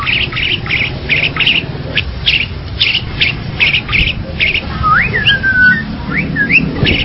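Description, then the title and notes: Bali myna calls, a series of short sharp notes, then a few rising and falling whistled sweeps over a low rumbling background. "Jalak Bali 2. Kicau Burung Jalak"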